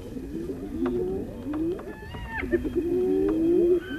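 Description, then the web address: Spotted hyena calls: a run of wavering, rising and falling tonal cries in a giggle-like chatter. "earth naturelibrary assets s sp spotted hyena"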